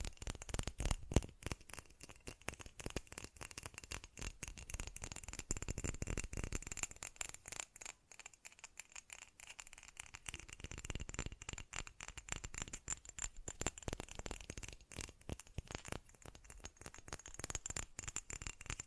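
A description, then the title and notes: Fast tapping runs in dense, irregular bursts of sharp clicks across nearly the whole stretch, easing and thinning around eight to ten seconds before picking up again. The taps sound dry, like fingertips on a hard surface, with a faint steady high whine behind them. ASMR Fast Tapping for Intense Tingles (No Talking).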